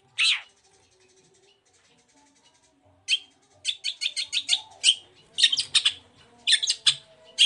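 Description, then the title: Long-tailed shrike song: a single harsh note, a long pause, then a run of scratchy, chattering bursts. Morning song with varied "toet toet" phrases; provokes other shrikes to answer and sing along. "Cendet Gacor Dor Di Kala Pagi Toet Toet Variasi Suara. Pancingan Emosi Cendet Gacor Full Variasi Toet Toet Bikin Nyaut Cendet Lain Langsung Ikutan Bunyi"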